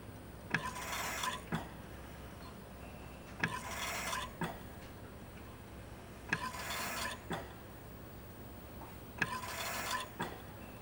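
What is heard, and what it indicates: A steady mechanical cycle of about 20 a minute: a valve click, roughly a second of airy rushing hiss, then another click, over a low constant hum. This is a hospital mechanical ventilator delivering regular breaths.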